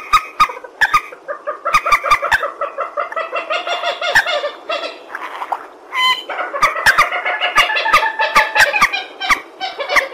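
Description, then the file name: Purple swamphen giving loud nasal, cackling calls in rapid repeated series, with sharp clicking pops throughout and a brief pause near the middle. "tieng trich re keu"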